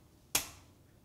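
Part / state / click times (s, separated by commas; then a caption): click-type torque wrench on a car wheel lug nut / torque reached / 0.4 s. A 1/2-inch click-type torque wrench is pushed down in one smooth motion on a car wheel lug nut. It gives a single sharp, bright click at 0.4 s when it reaches the set torque, and the click decays over about a quarter second. Only a faint soft sound follows near 1.1 s before the clip ends.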